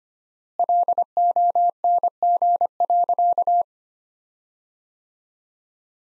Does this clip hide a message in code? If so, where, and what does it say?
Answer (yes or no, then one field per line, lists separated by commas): yes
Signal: Morse code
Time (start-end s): 0.6-3.6 s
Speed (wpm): 25 wpm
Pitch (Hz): 700 Hz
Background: none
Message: LONG.